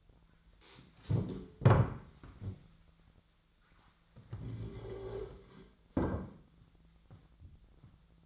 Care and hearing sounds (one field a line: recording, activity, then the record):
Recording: daily activity, microphone in the room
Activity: stand up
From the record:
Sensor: 3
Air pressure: 1008.1 hPa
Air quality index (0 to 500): 192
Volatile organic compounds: 14 ppm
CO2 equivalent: 2464 ppm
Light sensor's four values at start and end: 11/26/11/11 and 12/29/12/12